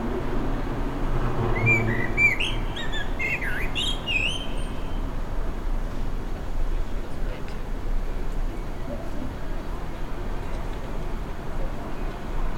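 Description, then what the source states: Blackbird singing one short phrase of mellow notes ending in a higher, squeaky twitter, then mostly quiet apart from a steady low rumble of background noise. Recorded 29 May 2020.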